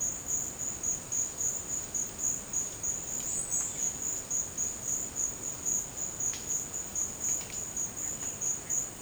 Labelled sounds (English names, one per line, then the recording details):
none
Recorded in dense forest near Puerto Asís, Putumayo, Colombia, on 24 March 2025 at 13:00
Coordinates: 0.500, -76.322
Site GP06